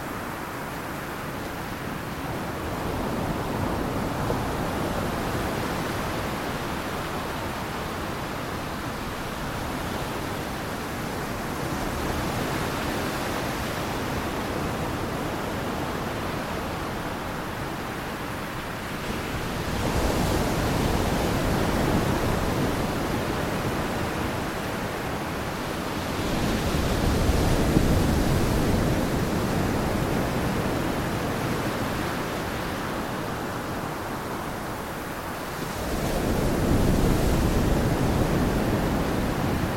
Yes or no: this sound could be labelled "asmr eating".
no